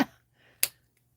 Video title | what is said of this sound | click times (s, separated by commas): Pt 1: Swatching 360 Gel Pens from Shuttle art | so you can hear that snap that is a very strong are very well-made | 0.6 s